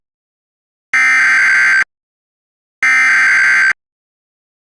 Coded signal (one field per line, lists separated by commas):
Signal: Emergency Alert System (SAME) tones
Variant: header bursts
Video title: EAS Recreation Mock: GO Status